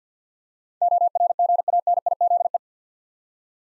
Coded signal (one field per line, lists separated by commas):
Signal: Morse code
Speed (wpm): 46 wpm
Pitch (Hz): 700 Hz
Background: none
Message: ORGANIZE